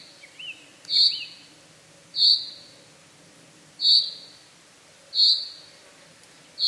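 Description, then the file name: Common chaffinch call notes, brief and bright, repeated about every one and a half seconds, with a couple of soft rising notes near the start. "Fringilla coelebs"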